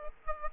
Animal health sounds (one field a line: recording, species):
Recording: mosquito wingbeat signal from an infrared sensor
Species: Aedes aegypti